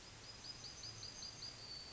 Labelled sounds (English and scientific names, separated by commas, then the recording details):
Yellowhammer (Emberiza citrinella) song
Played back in forest
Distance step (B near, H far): F
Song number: 055